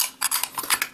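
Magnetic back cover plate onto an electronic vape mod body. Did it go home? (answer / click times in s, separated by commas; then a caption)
no / none. A magnetic metal back cover plate is held the wrong way round against the body of an HCigar HB DNA 40 (Heart Beat) electronic vape mod. The opposing magnets push it off, so it only clatters against the body in sharp metallic taps. The plate has not seated or clicked into place.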